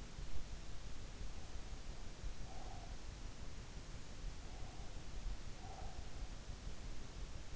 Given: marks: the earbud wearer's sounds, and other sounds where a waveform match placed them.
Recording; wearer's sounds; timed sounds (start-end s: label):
sounds in sleep by an in-ear microphone; breath
1.21-2.99 s: breath
4.29-6.24 s: breath